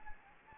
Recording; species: mosquito wingbeat signal from an infrared sensor; Anopheles gambiae